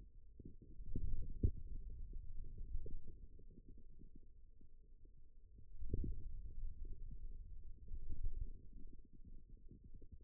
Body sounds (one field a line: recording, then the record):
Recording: forearm muscle sounds (acoustic myography)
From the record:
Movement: ulnar deviation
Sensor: system 2, bracelet of six BSWA MPA416 microphones around the upper forearm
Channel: 6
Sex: male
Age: 22 years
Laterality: right